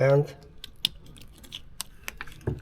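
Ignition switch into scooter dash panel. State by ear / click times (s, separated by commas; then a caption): seated / 0.9 s. A replacement ignition switch is pushed back into its mounting hole in a Gio Golf scooter's plastic panel and snaps in with a sharp click at 0.8 s, seating it in place. Someone talks briefly at the start, and a few lighter clicks and taps follow.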